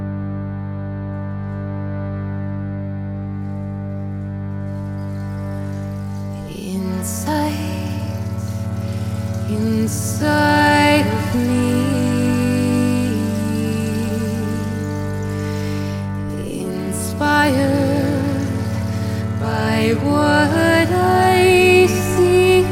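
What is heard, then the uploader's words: A sound bath of long, ringing tones, opening with a steady, low, humming drone of layered pitches. From about seven seconds it thickens, with brighter shimmering swells near ten, seventeen and twenty seconds while the deep hum carries on underneath. Sound bath.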